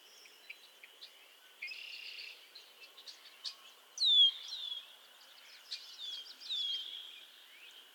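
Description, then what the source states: Frog chorus of buzzy trills under a steady high drone, with clear swooping notes in the second half. Chorus of frogs calling to one another on a summer evening at Miners Marsh, Annapolis Valley, Nova Scotia.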